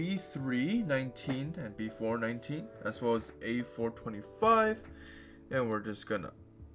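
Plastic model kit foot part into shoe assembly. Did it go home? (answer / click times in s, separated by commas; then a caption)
no / none. Someone talks while handling a plastic runner part from a model kit, about to press it into the foot and shoe assembly, with soft guitar-like music in the background. Nothing has seated or clicked yet; the clip ends just before the part pops in.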